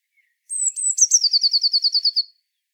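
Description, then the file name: Eurasian blue tit song: high, thin drawn-out notes that drop into a rapid rattling trill of evenly spaced notes, clear against a silent background. "Cyanistes caeruleus"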